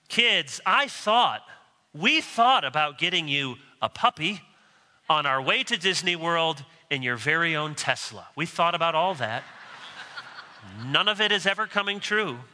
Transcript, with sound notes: “Kids, I thought, we thought about getting you a puppy on our way to Disneyworld in your very own Tesla. We thought about all that.” [laughter] “None of it is ever coming true.”